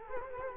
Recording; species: mosquito wingbeat signal from an infrared sensor; Culex quinquefasciatus